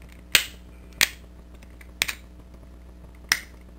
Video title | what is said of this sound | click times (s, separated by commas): Origin of Valkyrie Macross VF-1S Review - CollectionDX | well listen how nice and clicky this is | 0.3 s, 1.0 s, 2.0 s, 3.3 s